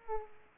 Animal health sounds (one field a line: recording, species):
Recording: mosquito wingbeat signal from an infrared sensor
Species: Aedes aegypti